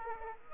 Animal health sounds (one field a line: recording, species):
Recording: mosquito wingbeat signal from an infrared sensor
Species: Aedes aegypti